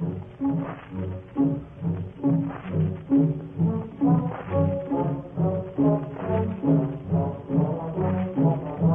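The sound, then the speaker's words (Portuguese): An ox cart drawn by two yoked oxen and carrying a heavy load creaks and groans steadily, its wheels giving a low, droning moan that swells and fades in a rough rhythm about once a second, with no voices. “E o carro partiu gemendo sob um peso incompreensível.”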